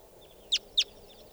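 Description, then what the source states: Crossbill calls: two loud, sharp downward-sweeping notes about a quarter of a second apart over low background hiss. Wild female crossbill calling.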